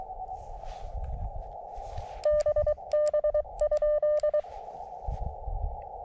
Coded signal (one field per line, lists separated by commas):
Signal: Morse code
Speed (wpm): 22 wpm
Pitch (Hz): 600 Hz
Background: none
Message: BB?